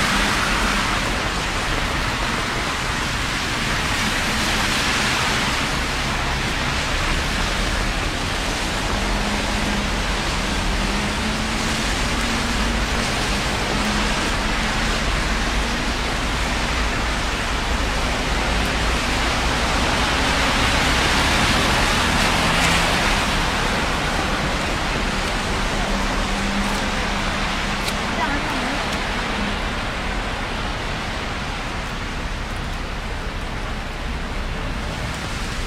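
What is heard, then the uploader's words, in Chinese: Walking through city streets in the rain at night, a steady dense hiss of rainfall under a low traffic rumble, with faint voices passing. 晚上在城市街头的雨中行走。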